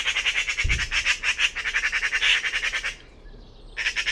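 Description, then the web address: Bird giving a fast run of harsh, buzzy notes, a short pause, then the calls resume; a single low thud is heard early on. "cianscape birddata Deverinetal"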